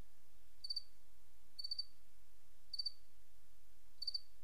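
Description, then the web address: Cricket chirps, four short high pulsed chirps spaced about one second apart, otherwise quiet apart from low hiss. Recorded 28 August 2007. "white-noise Crickets 28 aug 07"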